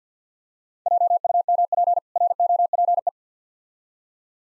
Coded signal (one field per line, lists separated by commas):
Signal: Morse code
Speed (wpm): 50 wpm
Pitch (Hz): 700 Hz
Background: none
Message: JUMP ROPE